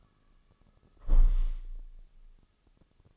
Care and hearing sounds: daily activity, microphone in the room; close window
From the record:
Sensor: 4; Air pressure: 1001.2 hPa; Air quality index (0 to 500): 174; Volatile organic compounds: 2 ppm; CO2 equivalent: 1245 ppm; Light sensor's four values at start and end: 12/28/11/12 and 12/28/11/12

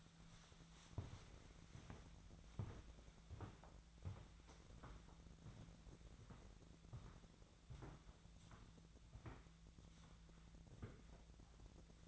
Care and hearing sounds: daily activity, microphone in the room; walk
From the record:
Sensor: 3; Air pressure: 1008.3 hPa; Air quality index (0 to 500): 190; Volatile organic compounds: 14 ppm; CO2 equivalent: 2448 ppm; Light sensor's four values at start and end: 8/13/7/7 and 17/42/18/18

